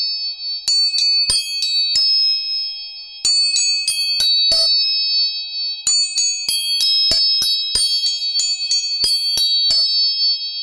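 Tuning forks are struck again and again, each tap a sharp metallic click over a steady, bright ringing that hangs on throughout. The taps come in three quick clusters, near the start, around four seconds and from six to ten seconds, with a faint lower hum underneath.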